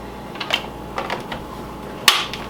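A plastic lid on an Avalon Bay FoodSealer300S countertop vacuum sealer is lined up over a bag and pressed down onto the sealer base. A few light taps and rattles come first, then one sharp, loud click at 2.1 s as the latch locks the lid shut, before sealing starts.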